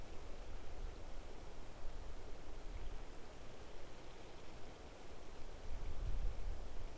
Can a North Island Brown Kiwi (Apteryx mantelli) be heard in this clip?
no